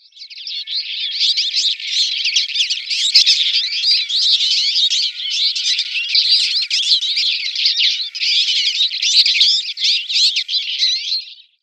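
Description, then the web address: Eurasian linnet in dense, continuous twittering song lasting over ten seconds, a busy unbroken chatter of mixed chirps and trills. "Schulze Peter Eurasian Linnet song"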